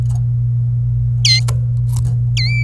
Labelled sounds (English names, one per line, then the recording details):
Domestic Canary song
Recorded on 27 April 2018 at 09:14
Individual llb3